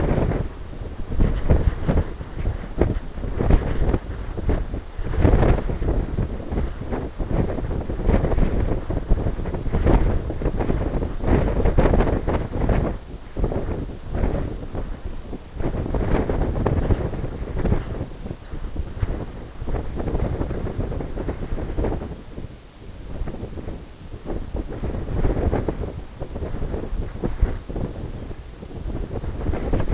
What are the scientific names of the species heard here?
none